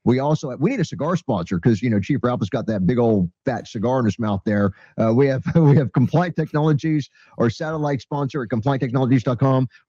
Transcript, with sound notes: we need a cigar sponsor 'cause, you know, Chief Ralph has got that big, old fat cigar in his mouth there. Uh, we have, (laughs) we have Compliant Technologies, our satellite sponsor, at complianttechnologies.com.